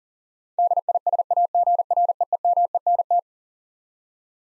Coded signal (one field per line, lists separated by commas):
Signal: Morse code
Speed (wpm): 38 wpm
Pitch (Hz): 700 Hz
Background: none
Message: DISAGREEMENT